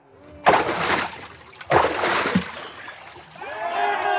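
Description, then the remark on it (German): Two heavy splashes, about a second apart, as people plunge into water, followed by steady churning and sloshing that continues to the end. “Kein Aber mehr. Los ins Wasser.”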